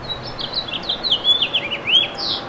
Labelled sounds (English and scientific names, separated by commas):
House Finch (Haemorhous mexicanus) song